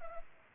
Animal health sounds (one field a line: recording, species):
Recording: mosquito wingbeat signal from an infrared sensor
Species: Culex pipiens